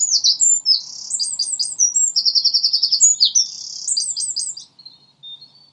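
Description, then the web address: Common nightingale in full song, fast stuttering high notes rolling into a loud rapid trill of repeated units, then fading to a few soft whistles. More than one nightingale in the recording. "owen Lodge Hill nightingales"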